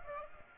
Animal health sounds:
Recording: mosquito wingbeat signal from an infrared sensor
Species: Aedes aegypti

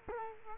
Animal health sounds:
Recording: mosquito wingbeat signal from an infrared sensor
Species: Culex quinquefasciatus

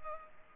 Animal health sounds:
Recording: mosquito wingbeat signal from an infrared sensor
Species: Culex pipiens

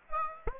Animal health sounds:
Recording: mosquito wingbeat signal from an infrared sensor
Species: Aedes aegypti

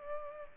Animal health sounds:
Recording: mosquito wingbeat signal from an infrared sensor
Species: Culex pipiens

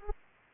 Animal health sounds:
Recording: mosquito wingbeat signal from an infrared sensor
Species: Aedes aegypti

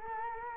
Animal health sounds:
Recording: mosquito wingbeat signal from an infrared sensor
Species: Culex quinquefasciatus

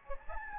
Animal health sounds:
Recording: mosquito wingbeat signal from an infrared sensor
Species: Anopheles gambiae

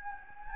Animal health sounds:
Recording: mosquito wingbeat signal from an infrared sensor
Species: Anopheles gambiae

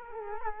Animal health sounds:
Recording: mosquito wingbeat signal from an infrared sensor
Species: Culex quinquefasciatus

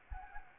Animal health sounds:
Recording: mosquito wingbeat signal from an infrared sensor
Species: Anopheles arabiensis

